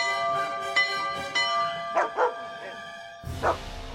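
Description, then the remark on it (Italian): A doorbell at the front door chimes with sustained, ringing tones as a dog's owner rings it, while the dog barks several times in short bursts at the door, followed by a sharper second ring near the end. “Beh, per il semplice motivo che vedo il cane in carne ed ossa davanti alla nostra porta, mentre il padrone sta per suonare il campanello.”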